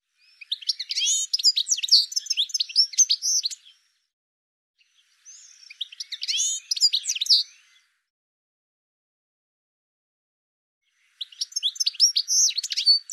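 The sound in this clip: Bird song: three long phrases of rapid high twittering and chirps, each a few seconds long, with silent gaps between them.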